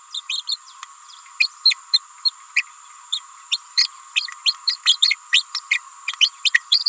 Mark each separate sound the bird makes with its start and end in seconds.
0.14-0.20, 0.28-0.43, 0.47-0.56, 1.40-1.48, 1.65-1.75, 1.93-2.00, 2.25-2.31, 2.56-2.64, 3.12-3.20, 3.51-3.58, 3.76-3.89, 4.45-4.54, 4.67-4.76, 4.85-4.98, 5.01-5.15, 5.32-5.44, 5.54-5.60, 5.70-5.80, 6.20-6.30, 6.44-6.53, 6.53-6.62, 6.70-6.84